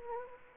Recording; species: mosquito wingbeat signal from an infrared sensor; Anopheles gambiae